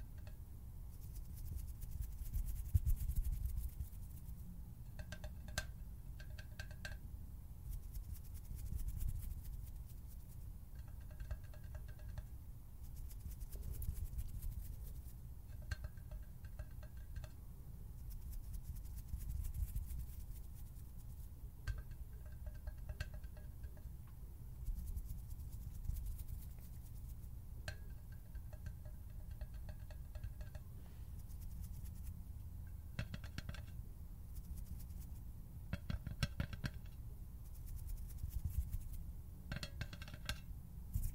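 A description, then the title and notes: Hand sounds and finger fluttering over a steady low rumble, with bursts of quick, rattling ticks coming in short clusters every few seconds, around 6, 11–12, 16, 28, 33 and 36–40 seconds. Sharper single snips and clicks punctuate the later part. HAND SOUNDS, FINGER FLUTTERING, SCISSORS SOUNDS.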